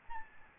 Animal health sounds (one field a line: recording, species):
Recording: mosquito wingbeat signal from an infrared sensor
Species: Aedes albopictus